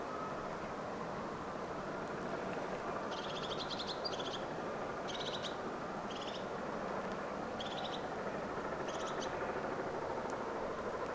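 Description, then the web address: Crested tit calls: short, high, rattling purr-like trills in several separate bursts, spaced irregularly, over a steady low rumbling noise like traffic. Crested tit calling, recorded in Finland on 12 October 2024. "paivat 12 10 2024 tuollaista toyhtotiaisen aantelya"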